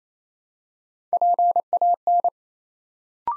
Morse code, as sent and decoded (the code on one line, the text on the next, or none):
.--. .- -.
PAN